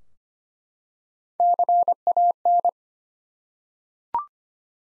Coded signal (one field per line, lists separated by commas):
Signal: Morse code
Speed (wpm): 25 wpm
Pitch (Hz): 700 Hz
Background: none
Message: CAN